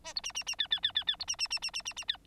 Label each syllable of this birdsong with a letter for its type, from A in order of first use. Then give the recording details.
A B C C C D D D D D B C C C C C C C D. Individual Bird9